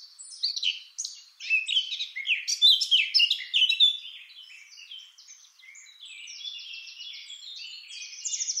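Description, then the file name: Eurasian blackcap: a vigorous burst of varied, rapid chattering and whistled notes, then a thinner, softer buzzy twitter continuing high. "Sylvia atricapilla"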